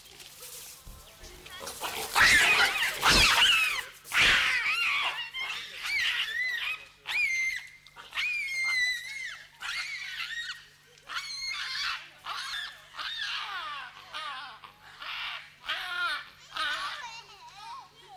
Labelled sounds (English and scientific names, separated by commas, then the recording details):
Hamadryas Baboon (Papio hamadryas)
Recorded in captivity
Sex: diverse
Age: diverse
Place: Zoo Augsburg, Bayern, DE
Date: 1993-09-04 12:18
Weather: 14 °C, bedeckt
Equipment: Marantz CP 430, Sennheiser MKH 416 T, Kopie Uher Variocord 263
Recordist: Tembrock, Günter
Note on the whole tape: Gruppe, agonistisch, speziell periphere Männchen gegen dominante; verschiedene Lautformen, speziell Langlaute